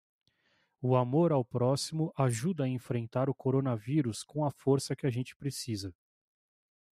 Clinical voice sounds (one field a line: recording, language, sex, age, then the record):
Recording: spoken sentence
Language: Brazilian Portuguese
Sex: male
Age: 30 to 39 years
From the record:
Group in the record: control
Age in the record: 33 years